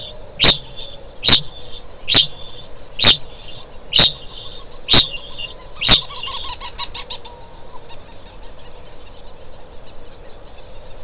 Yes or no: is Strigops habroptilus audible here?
yes